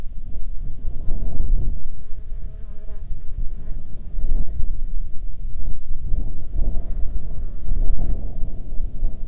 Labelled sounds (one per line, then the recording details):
wind
insects
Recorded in the Arctic National Wildlife Refuge, Alaska, on 16 July 2019 at 20:38
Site 42